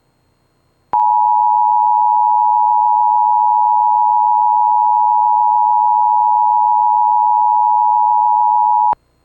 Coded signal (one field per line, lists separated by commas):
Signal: Emergency Alert System (SAME) tones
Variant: 853 and 960 Hz attention tone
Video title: Severe Thunderstorm Warning (EAS #608) l 3/27/2023